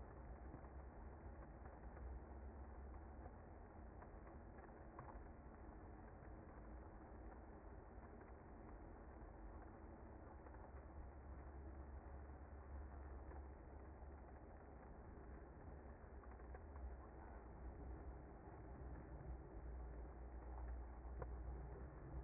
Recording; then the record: honeybee colony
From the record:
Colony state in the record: active